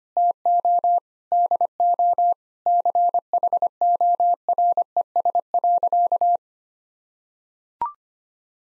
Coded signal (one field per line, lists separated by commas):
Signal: Morse code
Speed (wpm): 25 wpm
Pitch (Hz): 700 Hz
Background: none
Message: TO DO CHORES.